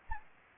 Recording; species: mosquito wingbeat signal from an infrared sensor; Anopheles arabiensis